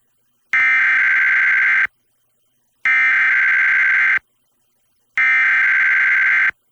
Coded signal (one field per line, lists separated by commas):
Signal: Emergency Alert System (SAME) tones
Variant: header bursts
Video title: EAS #900-901: 2 EAS Required Monthly Tests- Jan. 5, 2024- 10:15AM PST